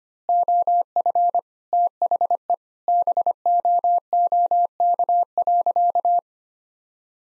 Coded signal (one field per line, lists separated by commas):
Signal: Morse code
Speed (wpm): 25 wpm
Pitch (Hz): 700 Hz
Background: none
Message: OF THE BOOK.